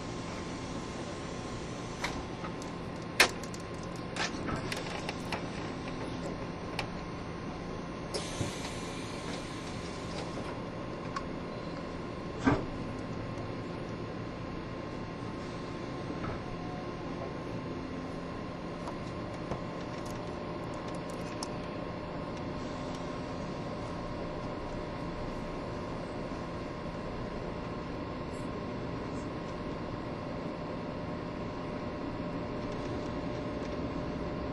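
A Taiwan Railway EMU1200 electric train runs with a steady rumble and a constant whine, broken by sharp clicks and knocks early on.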